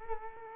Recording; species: mosquito wingbeat signal from an infrared sensor; Culex quinquefasciatus